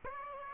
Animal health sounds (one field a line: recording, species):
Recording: mosquito wingbeat signal from an infrared sensor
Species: Aedes aegypti